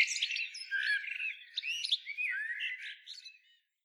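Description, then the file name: Common blackbird song, a short phrase of mellow slurred whistles mixed with thin high squeaks, fading out toward the end. "Turdus merula"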